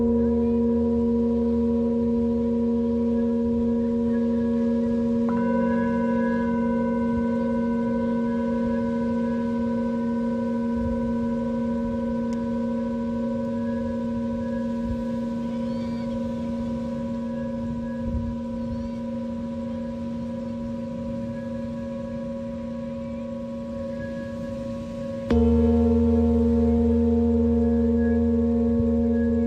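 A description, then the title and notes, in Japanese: Singing bowls ring in a steady, sustained hum with several layered tones held throughout. A new higher tone joins around five seconds, and near twenty-five seconds the sound shifts abruptly louder and deeper. A low rushing noise runs underneath the whole time. メキシコのビーチにて満月と新月に大体合わせて地道の方達と集っています。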